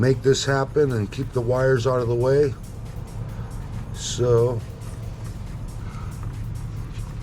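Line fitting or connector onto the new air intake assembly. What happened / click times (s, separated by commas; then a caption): The fitting is being handled but has not clicked home yet / none. A line fitting or connector is handled onto the new cold air intake assembly on a 2021 Jeep JL while the line is routed and the wires are kept out of the way. Someone talks over a steady low hum, and a faint brief tap comes at about 6.2 s. Nothing has seated or clicked yet.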